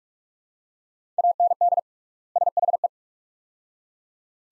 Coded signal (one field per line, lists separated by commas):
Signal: Morse code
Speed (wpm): 46 wpm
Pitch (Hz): 700 Hz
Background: none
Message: AND SHE